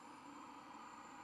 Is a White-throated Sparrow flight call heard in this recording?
no